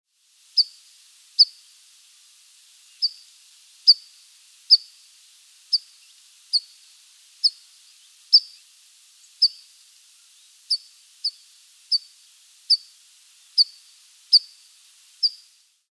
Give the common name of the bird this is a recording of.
Tree Pipit